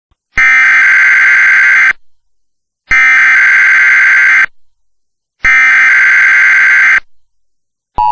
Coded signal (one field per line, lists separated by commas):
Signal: Emergency Alert System (SAME) tones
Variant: header bursts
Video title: EAS Recreation #1:Winter Storm Warning